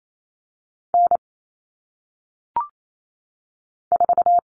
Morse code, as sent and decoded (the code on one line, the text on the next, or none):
-. / ....-
N 4